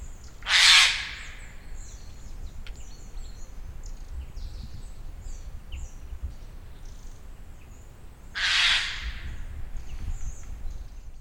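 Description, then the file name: Eurasian jay giving two loud, harsh, rasping screeches about eight seconds apart, with faint high songs of other birds in the background. "Garrulus glandarius"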